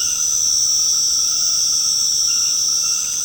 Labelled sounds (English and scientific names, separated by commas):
none